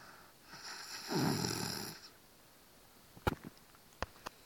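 One rough, rumbling snore of about a second and a half on the in-breath, then faint clicks.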